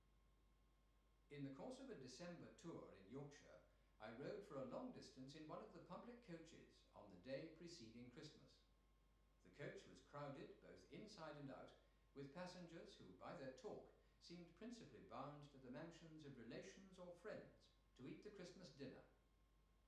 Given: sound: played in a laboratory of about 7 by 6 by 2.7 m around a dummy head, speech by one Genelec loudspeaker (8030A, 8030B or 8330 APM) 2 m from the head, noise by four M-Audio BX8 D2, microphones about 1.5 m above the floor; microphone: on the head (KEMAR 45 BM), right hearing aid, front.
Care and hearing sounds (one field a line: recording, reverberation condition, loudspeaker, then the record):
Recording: male speech in English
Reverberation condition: medium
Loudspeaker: behind (180 degrees)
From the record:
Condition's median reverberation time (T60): about 510 ms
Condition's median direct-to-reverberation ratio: about -0.5 dB